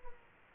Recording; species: mosquito wingbeat signal from an infrared sensor; Aedes aegypti